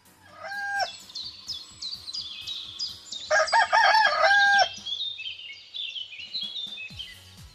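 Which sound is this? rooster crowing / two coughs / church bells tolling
rooster crowing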